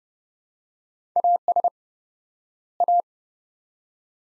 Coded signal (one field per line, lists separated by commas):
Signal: Morse code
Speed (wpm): 30 wpm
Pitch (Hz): 700 Hz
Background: none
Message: AS A